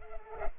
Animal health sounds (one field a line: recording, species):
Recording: mosquito wingbeat signal from an infrared sensor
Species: Culex pipiens